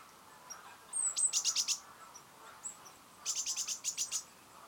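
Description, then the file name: Great tit giving harsh, buzzy rattled calls, a burst of about five rapid notes and then a longer burst of several more, with a thin high whistle before the first burst. "Parus major"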